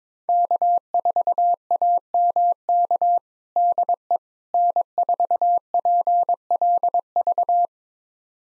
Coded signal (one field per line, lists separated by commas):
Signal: Morse code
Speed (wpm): 21 wpm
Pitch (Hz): 700 Hz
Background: none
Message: K4AMK DE N4PLV